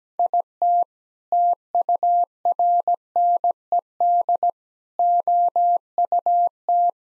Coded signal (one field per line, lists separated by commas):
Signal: Morse code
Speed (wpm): 17 wpm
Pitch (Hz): 700 Hz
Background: none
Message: IT TURNED OUT